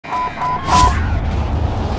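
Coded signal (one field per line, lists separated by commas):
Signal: none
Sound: game ping sound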